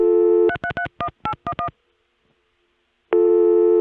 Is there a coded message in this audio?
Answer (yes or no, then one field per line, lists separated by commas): yes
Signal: DTMF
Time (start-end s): 0.5-1.7 s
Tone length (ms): 80 ms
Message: 3331811